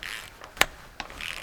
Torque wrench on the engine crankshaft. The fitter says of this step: no that click because I pressed too much